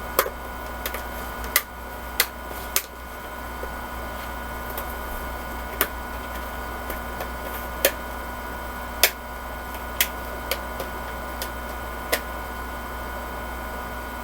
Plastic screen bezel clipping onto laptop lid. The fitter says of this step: from the top if you working right down it all start to click into place